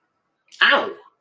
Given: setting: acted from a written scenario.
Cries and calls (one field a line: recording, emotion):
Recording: vocal sound without words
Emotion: pain